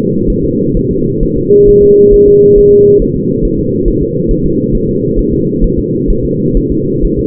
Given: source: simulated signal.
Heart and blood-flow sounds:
fetal heart sounds
0.30 s: S1
0.44 s: S2
0.77 s: S1
0.91 s: S2
1.23 s: S1
1.38 s: S2
1.69 s: S1
1.83 s: S2
2.14 s: S1
2.28 s: S2
2.58 s: S1
2.73 s: S2
3.02 s: S1
3.16 s: S2
3.45 s: S1
3.59 s: S2
3.88 s: S1
4.03 s: S2
4.31 s: S1
4.46 s: S2
4.75 s: S1
4.89 s: S2
5.19 s: S1
5.33 s: S2
5.64 s: S1
5.79 s: S2
6.10 s: S1
6.25 s: S2
6.57 s: S1
6.72 s: S2
7.04 s: S1
7.19 s: S2
From the record:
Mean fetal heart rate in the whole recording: 130 bpm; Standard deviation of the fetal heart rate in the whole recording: 4 bpm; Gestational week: 38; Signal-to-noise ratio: -11.2 dB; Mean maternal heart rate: 72 bpm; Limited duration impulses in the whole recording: present

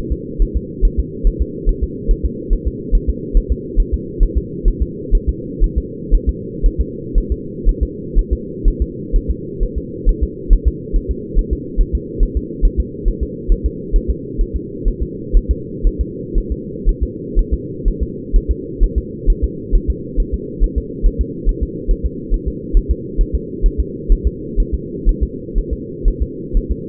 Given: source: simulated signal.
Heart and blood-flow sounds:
fetal heart sounds
0.12 s: S2
0.42 s: S1
0.57 s: S2
0.85 s: S1
1.00 s: S2
1.27 s: S1
1.42 s: S2
1.69 s: S1
1.84 s: S2
2.11 s: S1
2.25 s: S2
2.53 s: S1
2.68 s: S2
2.95 s: S1
3.10 s: S2
3.37 s: S1
3.52 s: S2
3.80 s: S1
3.94 s: S2
4.23 s: S1
4.38 s: S2
4.68 s: S1
4.82 s: S2
5.15 s: S1
5.29 s: S2
5.64 s: S1
5.78 s: S2
6.14 s: S1
6.29 s: S2
6.66 s: S1
6.81 s: S2
7.18 s: S1
7.32 s: S2
7.69 s: S1
7.83 s: S2
8.19 s: S1
8.33 s: S2
8.68 s: S1
8.82 s: S2
9.16 s: S1
9.31 s: S2
9.63 s: S1
9.78 s: S2
10.09 s: S1
10.23 s: S2
10.53 s: S1
10.68 s: S2
10.96 s: S1
11.11 s: S2
11.39 s: S1
11.53 s: S2
11.81 s: S1
11.95 s: S2
12.23 s: S1
12.37 s: S2
12.65 s: S1
12.80 s: S2
13.08 s: S1
13.23 s: S2
13.52 s: S1
13.66 s: S2
13.96 s: S1
14.10 s: S2
14.41 s: S1
14.56 s: S2
14.88 s: S1
15.03 s: S2
15.37 s: S1
15.51 s: S2
15.87 s: S1
16.01 s: S2
16.38 s: S1
16.52 s: S2
16.89 s: S1
17.03 s: S2
17.39 s: S1
17.54 s: S2
17.88 s: S1
18.03 s: S2
18.36 s: S1
18.51 s: S2
18.83 s: S1
18.98 s: S2
19.30 s: S1
19.44 s: S2
19.75 s: S1
19.90 s: S2
20.20 s: S1
20.34 s: S2
20.64 s: S1
20.78 s: S2
21.06 s: S1
21.21 s: S2
21.49 s: S1
21.63 s: S2
21.91 s: S1
22.06 s: S2
22.34 s: S1
22.48 s: S2
22.77 s: S1
22.91 s: S2
23.21 s: S1
23.35 s: S2
23.66 s: S1
23.80 s: S2
24.12 s: S1
24.27 s: S2
24.60 s: S1
24.75 s: S2
25.09 s: S1
25.23 s: S2
25.58 s: S1
25.73 s: S2
26.08 s: S1
26.22 s: S2
26.57 s: S1
26.72 s: S2
From the record:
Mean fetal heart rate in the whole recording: 130 bpm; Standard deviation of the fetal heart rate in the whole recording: 4 bpm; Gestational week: 38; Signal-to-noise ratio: -4.1 dB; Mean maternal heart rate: no maternal heart sound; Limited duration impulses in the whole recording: absent

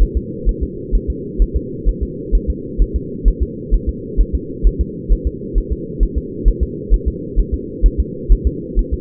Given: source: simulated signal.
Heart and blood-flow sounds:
fetal heart sounds
0.02 s: S1
0.17 s: S2
0.49 s: S1
0.63 s: S2
0.95 s: S1
1.10 s: S2
1.42 s: S1
1.56 s: S2
1.89 s: S1
2.03 s: S2
2.35 s: S1
2.50 s: S2
2.82 s: S1
2.96 s: S2
3.28 s: S1
3.42 s: S2
3.74 s: S1
3.89 s: S2
4.21 s: S1
4.35 s: S2
4.67 s: S1
4.81 s: S2
5.12 s: S1
5.27 s: S2
5.58 s: S1
5.72 s: S2
6.03 s: S1
6.18 s: S2
6.48 s: S1
6.63 s: S2
6.94 s: S1
7.08 s: S2
7.39 s: S1
7.54 s: S2
7.86 s: S1
8.00 s: S2
8.32 s: S1
8.47 s: S2
8.79 s: S1
8.94 s: S2
From the record:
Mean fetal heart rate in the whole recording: 130 bpm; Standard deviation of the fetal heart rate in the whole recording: 2 bpm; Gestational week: 36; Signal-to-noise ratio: -4.1 dB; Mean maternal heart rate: no maternal heart sound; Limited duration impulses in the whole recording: absent

